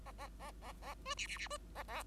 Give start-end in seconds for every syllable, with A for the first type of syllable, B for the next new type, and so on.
0.05-0.12 A, 0.18-0.29 A, 0.39-0.52 A, 0.61-0.72 A, 0.81-0.94 A, 1.05-1.15 B, 1.17-1.27 C, 1.27-1.37 C, 1.37-1.48 C, 1.50-1.57 B, 1.75-1.83 A, 1.88-2.03 A